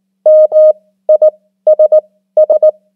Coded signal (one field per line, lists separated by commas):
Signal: Morse code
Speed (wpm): 19 wpm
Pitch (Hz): 620 Hz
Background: none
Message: MISS